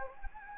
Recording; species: mosquito wingbeat signal from an infrared sensor; Anopheles gambiae